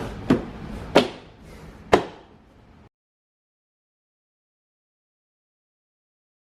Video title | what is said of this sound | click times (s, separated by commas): 2009-2016 Volkswagen Tiguan - Inner Door Panel Replacement | all the push pins we have locked into place | 0.3 s, 1.9 s